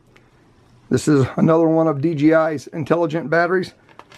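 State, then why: Not seated. Someone talks while holding a plastic DJI intelligent flight battery for a DJI Mavic Pro quadcopter, about to push it into the drone's body. A few faint handling ticks occur near 0.2 s and 3.9–4.0 s, but nothing has seated or clicked yet.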